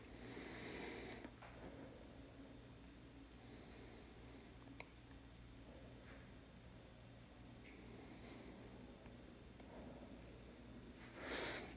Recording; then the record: deep breathing after running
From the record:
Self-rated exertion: light exertion (2 of 6); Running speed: 7 miles an hour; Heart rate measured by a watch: 80 beats a minute at the start, 85 at the end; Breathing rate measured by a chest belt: 16 breaths a minute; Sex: male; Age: 27 years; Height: 185 cm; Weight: 76 kg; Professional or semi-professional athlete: no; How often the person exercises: over 5 times a week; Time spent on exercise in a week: over 5 hours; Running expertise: no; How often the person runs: over 5 times a week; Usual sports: running, weight training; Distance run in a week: 65 km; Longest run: 42 km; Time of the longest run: 214 minutes